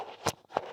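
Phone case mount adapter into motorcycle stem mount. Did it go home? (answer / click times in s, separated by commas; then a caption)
no / none. A phone case with a Quad Lock twist-lock mount adapter is being pushed onto the fork stem mount of a 2022 Yamaha R7 motorcycle. There is a broad rustling burst around 0.3 s, a faint tick at 0.4 s, and a sharper knock at 0.6 s. The adapter has not snapped into place yet.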